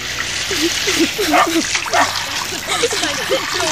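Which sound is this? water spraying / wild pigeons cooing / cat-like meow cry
water spraying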